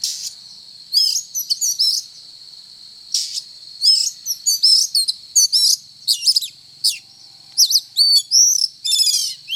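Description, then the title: Oriental magpie-robin song: rich, varied bursts of sweet whistles, quick rising and falling notes and harsh chips, delivered in rapid phrases with short pauses, over a steady high whine. Song described as 'gacor', meaning vigorous, frequent singing. "Kacer Gacor"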